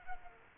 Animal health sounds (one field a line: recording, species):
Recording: mosquito wingbeat signal from an infrared sensor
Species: Culex quinquefasciatus